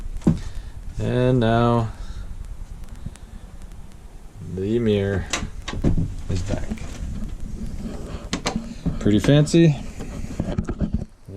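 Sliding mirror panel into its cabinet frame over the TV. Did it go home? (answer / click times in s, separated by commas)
yes / 8.3 s, 8.5 s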